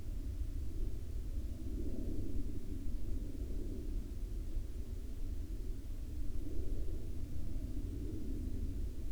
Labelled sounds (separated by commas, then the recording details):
aircraft
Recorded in the Arctic National Wildlife Refuge, Alaska, on 31 July 2019 at 02:19
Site 40